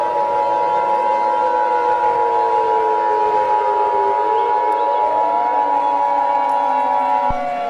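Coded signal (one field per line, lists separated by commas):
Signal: Emergency Alert System (SAME) tones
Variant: 853 and 960 Hz attention tone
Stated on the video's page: Fictional EAS mini scenario.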